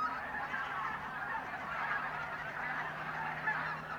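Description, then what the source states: Goose flock honking steadily, a dense overlapping chorus over a faint low, steady hum. Birds in a renaturalised area at Polder Glies, Sellstedt, Germany, 9 November 2020; binaural ORTF pair of t.bone SC 140 microphones with Rycote windjammer, TASCAM DR100 MK3 recorder.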